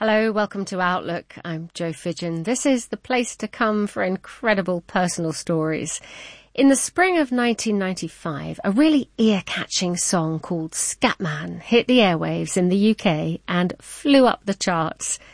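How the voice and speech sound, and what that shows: An adult woman speaks fluently and clearly in a warm, steady voice as she introduces a radio programme: typical speech.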